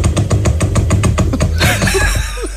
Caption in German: Ohne Schalldämpfer, es war schon ziemlich heftig jetzt. Klassischer Zweitakter. Wie so ein altes Moped, oder? Tatsächlich schnarcht mein Freund jede Nacht. Es ist unumgänglich und in diversen Tönen.